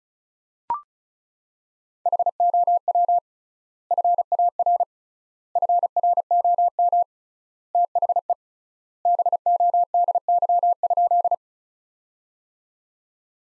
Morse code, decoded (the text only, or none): HOW FAR FROM THE BODY?